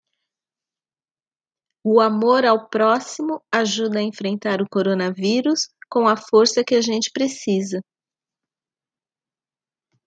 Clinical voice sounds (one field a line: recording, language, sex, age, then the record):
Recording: spoken sentence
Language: Brazilian Portuguese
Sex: female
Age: 50 to 59 years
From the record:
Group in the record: control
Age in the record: 55 years